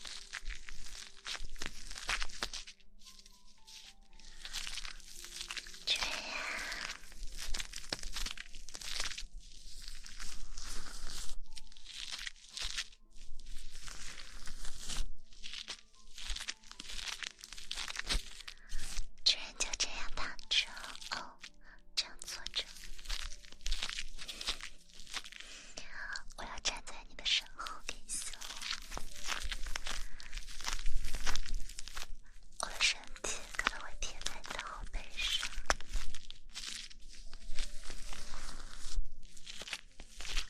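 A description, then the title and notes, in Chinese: Hair being shampooed and scalp quickly scratched, giving dense, irregular crackling and squishing rustles that come in rapid bursts throughout with brief pauses. Shampoo wash hair 头部按摩 泡沫触发音 轻语 快速抓头皮。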